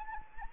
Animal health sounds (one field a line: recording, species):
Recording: mosquito wingbeat signal from an infrared sensor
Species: Anopheles arabiensis